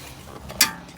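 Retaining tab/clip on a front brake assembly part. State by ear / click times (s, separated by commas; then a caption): seated / 0.6 s. On a BMW X5 front brake assembly during a brake pad and rotor job, pressure is kept on a part while a retaining tab is flipped over. The tab snaps home with one sharp click at 0.6 s against a low background. The tab is seated.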